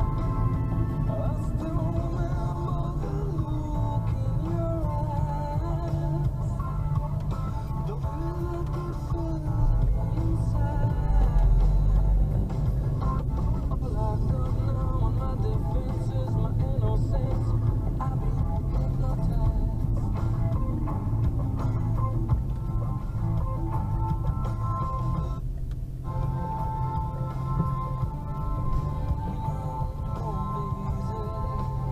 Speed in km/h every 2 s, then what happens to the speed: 31, 22, 20, 0, 0, 20, 29, 35, 37, 35, 25, 20, 16, 0, 0, 0.
0-6 brakes to 0. 6-9 standing. 9-15 pulls away to 37. 15-26 slows to 0. 26-32 standing.